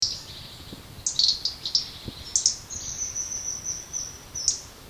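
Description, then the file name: European robin uttering high clicking ticks in quick clusters, alongside a long, thin, steady high-pitched tone lasting about two seconds. "Erithacus rubecula"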